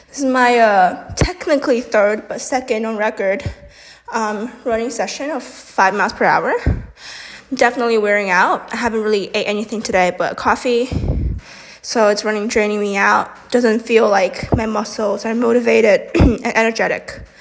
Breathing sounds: free speech after running; female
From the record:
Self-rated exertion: moderate exertion (3 of 6); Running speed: 5 miles an hour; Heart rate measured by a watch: 164 beats a minute at the start, 162 at the end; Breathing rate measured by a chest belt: 18 breaths a minute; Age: 18 years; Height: 171 cm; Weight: 75 kg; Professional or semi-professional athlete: no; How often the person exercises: 1 to 2 times a week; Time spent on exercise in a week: under 1 hour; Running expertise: no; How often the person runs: 1 to 2 times a week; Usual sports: running, fencing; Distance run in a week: 3 km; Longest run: 21.3 km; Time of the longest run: 190 minutes

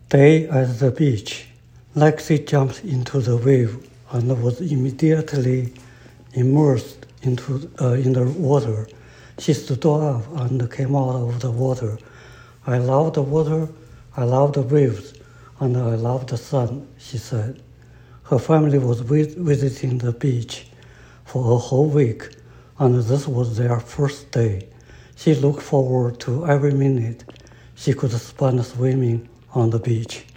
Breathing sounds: reading aloud after running; male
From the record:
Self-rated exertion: light exertion (2 of 6); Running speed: 5 miles an hour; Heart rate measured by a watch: 94 beats a minute at the start, 109 at the end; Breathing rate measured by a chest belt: 14 breaths a minute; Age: 57 years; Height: 171 cm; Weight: 59 kg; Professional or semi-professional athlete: no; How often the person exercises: over 5 times a week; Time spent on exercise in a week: over 5 hours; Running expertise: no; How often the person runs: over 5 times a week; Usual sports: running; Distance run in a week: 50 miles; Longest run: 50 miles

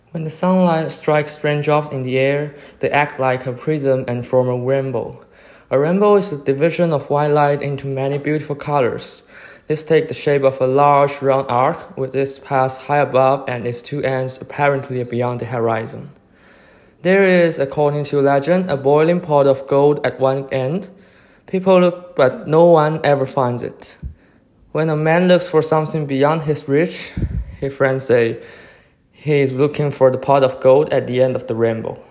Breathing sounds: reading aloud after running; male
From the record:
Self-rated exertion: light exertion (2 of 6); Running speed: 6 miles an hour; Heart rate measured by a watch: 123 beats a minute at the start, 117 at the end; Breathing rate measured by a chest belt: 12 breaths a minute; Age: 23 years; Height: 172 cm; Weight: 64 kg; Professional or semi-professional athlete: yes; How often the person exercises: 3 to 5 times a week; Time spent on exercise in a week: 2 to 3 hours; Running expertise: no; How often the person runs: 1 to 2 times a week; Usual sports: running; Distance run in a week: 15 km

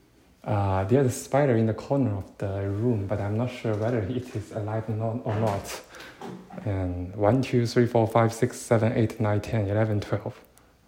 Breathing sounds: free speech after running; male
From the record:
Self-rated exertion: light exertion (2 of 6); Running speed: 7 miles an hour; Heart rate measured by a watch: 112 beats a minute at the start, 111 at the end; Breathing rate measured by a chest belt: 15 breaths a minute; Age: 24 years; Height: 185 cm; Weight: 79 kg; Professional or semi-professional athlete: no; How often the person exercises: 1 to 2 times a week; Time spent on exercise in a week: 2 to 3 hours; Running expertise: no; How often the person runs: 1 to 2 times a week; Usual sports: running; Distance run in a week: 20 km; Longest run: 10 km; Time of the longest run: 50 minutes

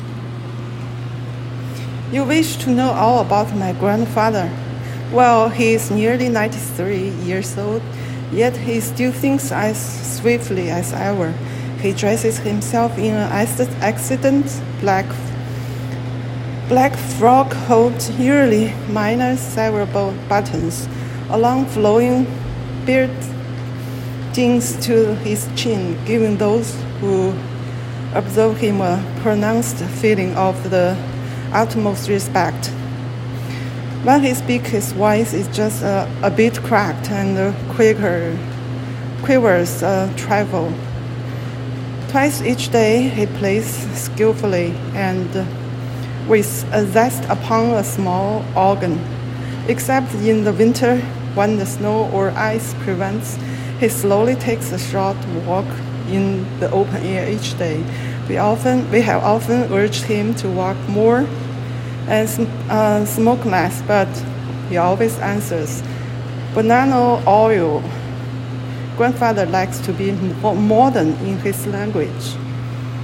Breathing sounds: reading aloud after running; female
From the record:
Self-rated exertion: light exertion (2 of 6); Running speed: 5 miles an hour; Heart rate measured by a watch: 119 beats a minute at the start, 107 at the end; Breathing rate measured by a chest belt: 16 breaths a minute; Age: 40 years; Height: 170 cm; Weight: 65 kg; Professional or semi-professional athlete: no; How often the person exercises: 1 to 2 times a week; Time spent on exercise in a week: 2 to 3 hours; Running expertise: yes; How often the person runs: 1 to 2 times a week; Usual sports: gym workouts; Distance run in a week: 2 miles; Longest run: 6 miles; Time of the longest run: 50 minutes

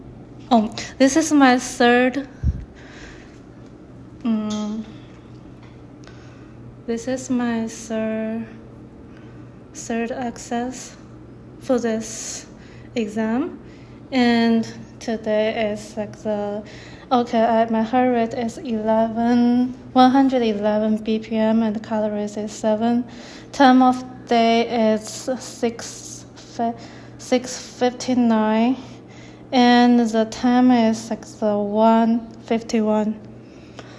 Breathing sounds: free speech after running; female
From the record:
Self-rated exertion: light exertion (2 of 6); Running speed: 6 miles an hour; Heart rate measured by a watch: 108 beats a minute at the start, 111 at the end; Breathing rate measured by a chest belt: 13 breaths a minute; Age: 33 years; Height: 155 cm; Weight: 48 kg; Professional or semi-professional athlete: no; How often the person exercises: 3 to 5 times a week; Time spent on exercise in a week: under 1 hour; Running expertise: no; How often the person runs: under once a week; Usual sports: hiking, cycling

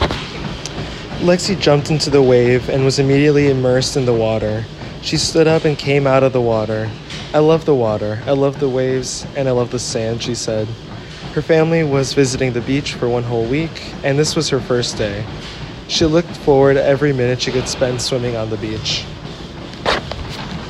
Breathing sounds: reading aloud after running; male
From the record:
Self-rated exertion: very light exertion (1 of 6); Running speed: 5 miles an hour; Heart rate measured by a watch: 50 beats a minute at the start, 84 at the end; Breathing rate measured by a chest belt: 24 breaths a minute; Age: 23 years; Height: 170 cm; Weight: 84 kg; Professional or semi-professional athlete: no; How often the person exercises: 3 to 5 times a week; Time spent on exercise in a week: 3 to 4 hours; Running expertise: no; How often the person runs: under once a week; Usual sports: weight training, volleyball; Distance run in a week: 1 km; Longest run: 10 km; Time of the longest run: 67 minutes

